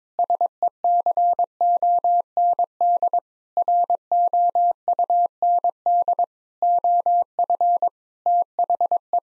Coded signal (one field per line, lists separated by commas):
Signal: Morse code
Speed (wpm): 22 wpm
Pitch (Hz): 700 Hz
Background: none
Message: SECOND ROUND OF THE